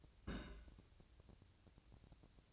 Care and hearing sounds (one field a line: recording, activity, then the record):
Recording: daily activity, microphone in the room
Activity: place on stove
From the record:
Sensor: 2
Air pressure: 999.8 hPa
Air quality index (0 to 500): 124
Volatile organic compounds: 2 ppm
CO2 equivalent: 1065 ppm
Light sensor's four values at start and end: 36/89/39/44 and 36/89/39/44